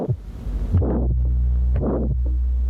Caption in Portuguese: O sopro sistólico é áspero, em forma de losango, terminando antes de um segundo som normal. O que se ouve no segundo espaço intercostal direito é o seguinte.